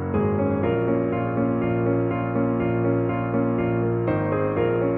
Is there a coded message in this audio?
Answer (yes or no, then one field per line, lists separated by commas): no